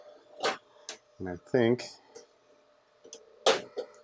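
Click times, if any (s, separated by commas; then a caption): 3.5 s. A rack server is slid along its slide rails into a rack until the rail latches click home and lock it in, and someone talks. Short knocks come at 0.5 s and 0.9 s, then the rail latch clicks at 3.5 s with a sharp, loud snap. The server is seated and secure in the rack.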